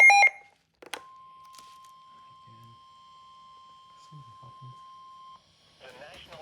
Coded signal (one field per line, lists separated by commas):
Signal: Emergency Alert System (SAME) tones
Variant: 1050 Hz attention tone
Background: speech